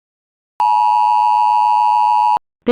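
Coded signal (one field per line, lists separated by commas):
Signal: Emergency Alert System (SAME) tones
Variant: 853 and 960 Hz attention tone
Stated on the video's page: Mock EAS alert.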